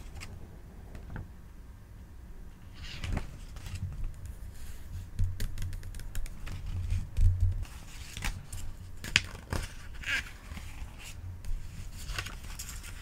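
Pages of a book being handled and turned, with soft rustles and papery flicks. Sharp crisp clicks and swishes come irregularly, busier after about three seconds, with a few brighter snaps near nine and ten seconds over a low steady hum.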